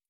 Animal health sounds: hydrophone in a shrimp aquaculture tank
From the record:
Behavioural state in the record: stressed

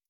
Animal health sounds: hydrophone in a shrimp aquaculture tank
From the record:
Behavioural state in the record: feeding

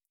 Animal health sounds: hydrophone in a shrimp aquaculture tank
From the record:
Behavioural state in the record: stressed

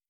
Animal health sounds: hydrophone in a shrimp aquaculture tank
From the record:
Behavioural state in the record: feeding

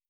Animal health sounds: hydrophone in a shrimp aquaculture tank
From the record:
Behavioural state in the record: starved

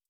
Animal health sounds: hydrophone in a shrimp aquaculture tank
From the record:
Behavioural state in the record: stressed

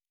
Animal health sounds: hydrophone in a shrimp aquaculture tank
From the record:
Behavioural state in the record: normal

